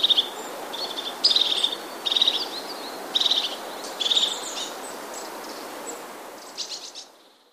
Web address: wroblowe ptaki czubatki